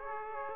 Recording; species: mosquito wingbeat signal from an infrared sensor; Aedes aegypti